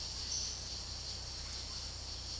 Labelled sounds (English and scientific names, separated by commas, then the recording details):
none
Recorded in secondary vegetation near Puerto Asís, Putumayo, Colombia, on 19 February 2024 at 13:00
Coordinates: 0.489, -76.322
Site G6419